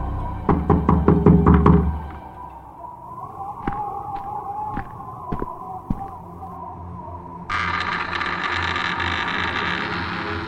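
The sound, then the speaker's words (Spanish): Count Dracula knocks at the baker's house: a quick burst of loud knocking, then a few slower, spaced knocks over a steady hum, followed by a sudden shift to a bright, hissing wash of sound as the baker's wife opens the door to let him in. “Dice la mujer del panadero al abrir la puerta para dejarlo pasar.”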